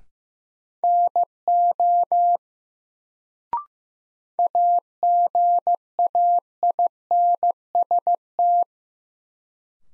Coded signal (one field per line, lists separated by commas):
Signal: Morse code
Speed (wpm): 15 wpm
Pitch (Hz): 700 Hz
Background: none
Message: NO AGAINST